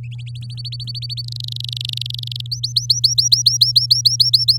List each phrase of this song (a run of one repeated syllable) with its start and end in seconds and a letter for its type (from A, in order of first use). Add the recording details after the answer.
0.18-1.22 A, 1.24-2.46 B, 2.51-4.58 C. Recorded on 9 May 2018 at 06:59. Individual llb16